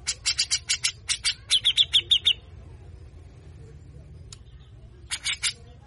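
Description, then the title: Grey-cheeked bulbul uttering a quick run of rasping notes, then a pause and a short final burst. Harsh, long-lasting besetan-style calls with fast ngepik notes, used to train and provoke young untrained caged birds. "MASTERAN CUCAK JENGGOT GACOR FULL BESETAN KASAR DURASI PANJANG !!!. Cucak Jenggot mbeset Ngepik Cepat Pancing emosi Burung Bahan"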